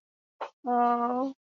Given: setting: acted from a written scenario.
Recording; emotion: vocal sound without words; shame